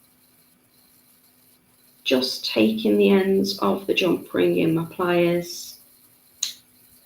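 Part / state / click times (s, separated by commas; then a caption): jump ring closing around the link of a necklace connector / seated / 6.4 s. Someone talks while pressing the ends of a metal jump ring together with pliers, linking a connector to a heart bead on a necklace. A small, sharp click sounds at 6.4 s as the ring closes fully.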